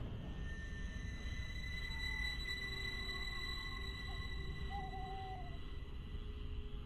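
A single wavering owl hoot from a pitch-dark clump of trees at night rises faintly out of a constant low rumbling hiss, with thin steady tones humming underneath throughout.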